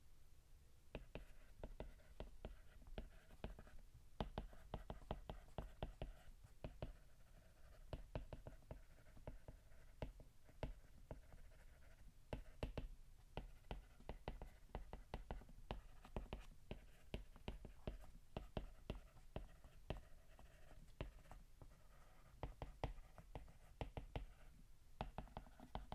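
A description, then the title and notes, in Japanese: An Apple Pencil taps and scratches across a tablet screen. Sharp clicks come in quick irregular bursts throughout, sometimes clustered, sometimes with brief pauses, over a faint low hum. アップルペンシルの音。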